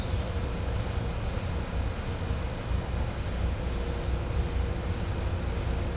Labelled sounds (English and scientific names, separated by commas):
none